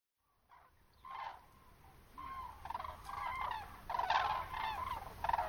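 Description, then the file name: Common crane giving separate trumpeting calls after a brief silence, the calls growing louder toward the end. "grus grus"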